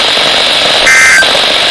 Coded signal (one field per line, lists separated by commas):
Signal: Emergency Alert System (SAME) tones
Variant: end-of-message bursts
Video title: (LOUD) EAS #12 Flood Watch for Thunderstorms